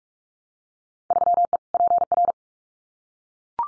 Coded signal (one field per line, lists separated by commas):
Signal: Morse code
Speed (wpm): 44 wpm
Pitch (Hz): 700 Hz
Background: none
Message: 3E PR